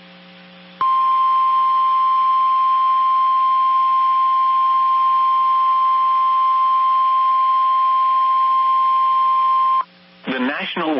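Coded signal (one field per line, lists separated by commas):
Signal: Emergency Alert System (SAME) tones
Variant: 1050 Hz attention tone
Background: speech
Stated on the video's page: Relayed by the weather radio station in Dallas, Texas.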